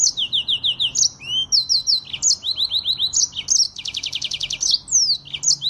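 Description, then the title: Streaked spiderhunter song of quick repeated high notes in short descending runs, a rising slur, then a harsh buzzy rattle in the second half. Song used as a tutor recording for cage birds; bird singing vigorously, with a clear, long song. "Pijantung Gunung Gacor Jernih Panjang"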